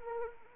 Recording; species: mosquito wingbeat signal from an infrared sensor; Anopheles arabiensis